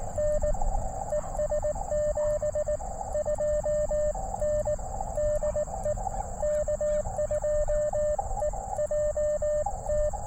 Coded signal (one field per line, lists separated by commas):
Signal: Morse code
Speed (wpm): 17 wpm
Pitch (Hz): 600 Hz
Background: radio noise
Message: N ES 72 N DE K2EJT